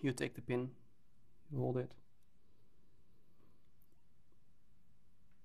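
Someone talks while holding a small plastic pin with pliers, ready to press it into the arm joint of a 3D printed Android robot figure. After the talking stops, only low, steady background noise and a few faint ticks are heard. The pin has not seated or snapped in yet.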